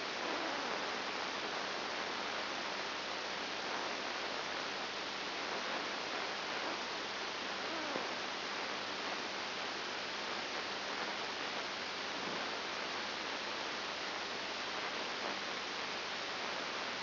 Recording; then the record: brain microelectrode recording played as sound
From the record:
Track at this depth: inside the subthalamic nucleus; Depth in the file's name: 5.901 mm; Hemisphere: left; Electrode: 2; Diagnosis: Parkinson's disease